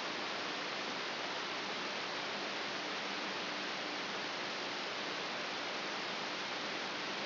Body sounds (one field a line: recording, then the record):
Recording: brain microelectrode recording played as sound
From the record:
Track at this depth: outside the subthalamic nucleus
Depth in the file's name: 4.821 mm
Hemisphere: left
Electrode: 3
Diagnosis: Parkinson's disease